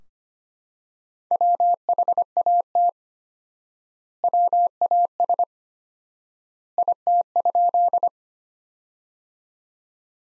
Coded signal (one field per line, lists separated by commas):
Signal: Morse code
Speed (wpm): 25 wpm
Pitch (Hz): 700 Hz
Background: none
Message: WHAT WAS IT?